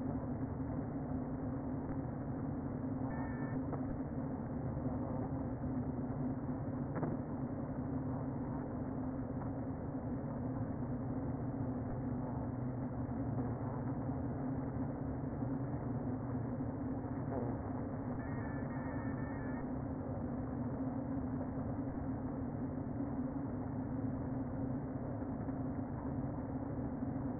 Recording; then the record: honeybee colony, microphone inside the hive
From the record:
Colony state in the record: queen present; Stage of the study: before two queens were removed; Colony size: about 60,000 bees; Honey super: yes